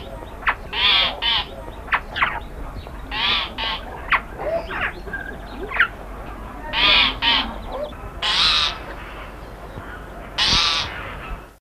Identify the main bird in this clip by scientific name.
Urolestes melanoleucus